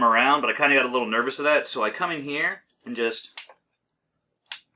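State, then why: Released. Someone talks for about 3.5 seconds while transforming a plastic robot figure, then pops its leg out of the folded position at the hip/body joint. After a short quiet gap, a sharp, bright pop sounds at 4.5 s. The leg releases from its joint.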